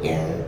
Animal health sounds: contact call of a hoofed animal; pig; closed-mouth grunt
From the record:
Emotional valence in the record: negative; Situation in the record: short social isolation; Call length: 0.48 s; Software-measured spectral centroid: 1920 Hz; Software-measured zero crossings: 1040 a second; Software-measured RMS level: -24 dBFS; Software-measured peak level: -12 dBFS

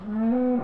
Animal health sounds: contact call of a hoofed animal; cattle; low-frequency (closed-mouth) or high-frequency (open-mouth) call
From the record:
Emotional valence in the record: positive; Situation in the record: physical reunion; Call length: 0.64 s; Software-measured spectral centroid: 900 Hz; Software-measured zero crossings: 620 a second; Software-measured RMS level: -24 dBFS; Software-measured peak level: -15 dBFS

